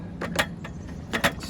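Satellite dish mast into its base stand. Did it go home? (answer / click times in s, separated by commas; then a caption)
yes / 1.2 s. A Starlink satellite dish mast, with its cable threaded through the center and plugged in, is rotated in its base stand, making a few short scraping, clicking bursts. It clicks and locks into place at about 1.2 seconds, seated in the base.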